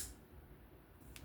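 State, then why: Seated. During reassembly of an AM8 Kovog M390 pocket knife, a titanium or carbon fiber handle scale is pressed down onto the knife frame, with a gap first showing it is not seated. After a quiet, low stretch, a short, sharp snap sounds at 1.2 s as the scale seats in place.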